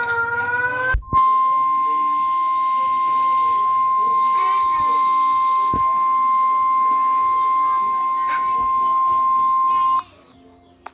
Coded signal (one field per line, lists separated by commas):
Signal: Emergency Alert System (SAME) tones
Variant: 1050 Hz attention tone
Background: speech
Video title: eas alarme Afeganistão até Irlanda